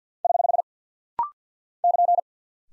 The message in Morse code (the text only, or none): <HH> <KN>